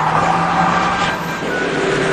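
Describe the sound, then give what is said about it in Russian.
A truck engine roars loudly and steadily at high revs, a continuous rumbling drone that dips briefly midway before surging on, as the truck knocks down a female traffic police officer waving her baton at a roadside post, in a Soviet film scene. “Грузовик сбивает ее.”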